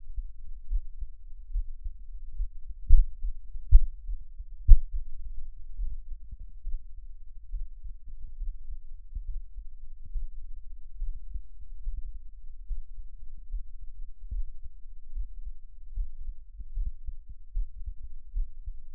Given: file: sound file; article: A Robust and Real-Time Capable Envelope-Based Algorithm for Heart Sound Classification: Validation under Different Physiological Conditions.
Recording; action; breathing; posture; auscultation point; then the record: heart sounds by electronic stethoscope; rest; deep; sitting; Erb’s point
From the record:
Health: healthy, no known heart disease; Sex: male